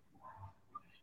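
A single short, low, snorting grunt lasting about a third of a second, followed by a faint click, in a quiet room. It is an ordinary, harmless snore from a dog sleeping right beside the listener.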